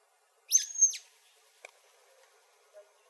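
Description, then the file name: Sulphur-bellied flycatcher, a single piercing squeaky call, followed by near silence with a couple of faint sounds. Arizona, 17 May 2007. "SBFL 3 deviche"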